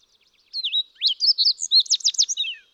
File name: Fox Sparrow